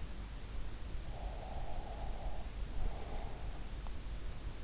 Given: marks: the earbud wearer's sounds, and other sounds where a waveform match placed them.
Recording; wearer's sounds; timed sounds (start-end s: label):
sounds in sleep by an in-ear microphone; breath
1.13-3.86 s: breath